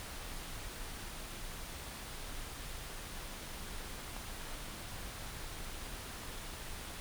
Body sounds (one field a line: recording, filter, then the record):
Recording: brain microelectrode recording played as sound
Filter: wide band, above 20 Hz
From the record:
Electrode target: subthalamic nucleus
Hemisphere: right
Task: reaching with the left hand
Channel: 1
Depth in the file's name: 5.102 mm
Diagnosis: Parkinson's disease